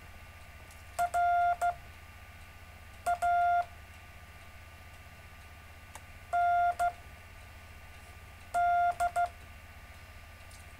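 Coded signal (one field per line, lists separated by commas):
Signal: Morse code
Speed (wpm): 15 wpm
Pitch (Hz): 1400 Hz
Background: none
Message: RAND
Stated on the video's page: Gentle Morse code practice sent on a live stream.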